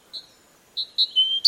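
Great tit calls: an isolated high chirp, a pause, then two quick chirps and a thin sustained whistle, ending on a sharp note; nothing else audible.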